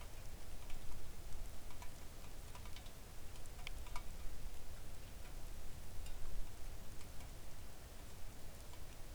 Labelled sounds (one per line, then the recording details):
rain
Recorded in the Arctic National Wildlife Refuge, Alaska, on 3 August 2019 at 05:52
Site 41